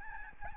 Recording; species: mosquito wingbeat signal from an infrared sensor; Aedes albopictus